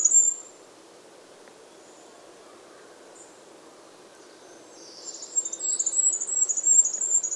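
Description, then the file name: Goldcrest song: after a short high note and a long quiet stretch, a rapid series of very high, thin, repeated notes begins and continues to the end. "Regolo"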